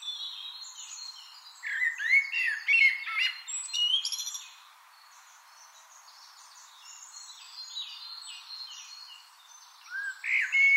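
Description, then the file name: Eurasian blackbird giving low fluted, warbling phrases around the second to fourth seconds that end in high squeaky twitters; quieter high chirps follow, with a further phrase near the end. "Turdus merula"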